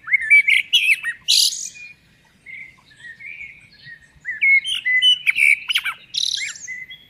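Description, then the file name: Common blackbird song: fluted, slurred warbling phrases mixed with squeaky high twitters, with short pauses between them. "Turdus merula"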